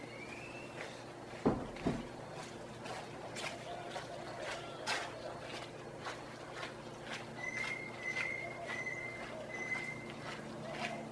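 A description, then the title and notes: Early morning from a balcony above a narrow seaside sidewalk: a steady low hum runs underneath while scattered knocks and clicks come and go. A loud thump lands near the start, and a thin high whistle sounds briefly at first, then again for a few seconds toward the end. Sounds from the Narrowest Main Street in the World. Early morning on the balcony overlooking what’s recognized to be the narrowest main street in the world – the Placencia Sidewalk in Belize.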